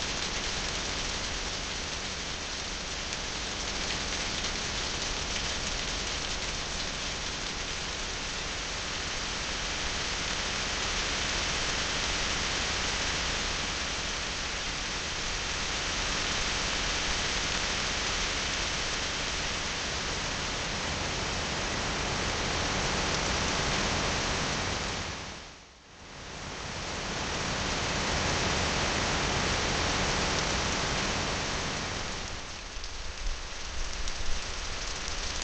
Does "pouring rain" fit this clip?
yes